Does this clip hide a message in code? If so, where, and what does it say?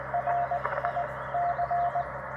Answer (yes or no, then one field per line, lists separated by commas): yes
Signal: Morse code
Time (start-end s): 0.1-2.0 s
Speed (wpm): 19 wpm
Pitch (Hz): 700 Hz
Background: radio noise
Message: RI C